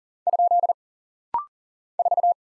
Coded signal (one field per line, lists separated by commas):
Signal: Morse code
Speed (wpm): 40 wpm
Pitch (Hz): 700 Hz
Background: none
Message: ? 4